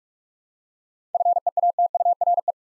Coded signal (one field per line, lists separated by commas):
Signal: Morse code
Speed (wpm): 44 wpm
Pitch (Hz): 700 Hz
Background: none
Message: FEATURE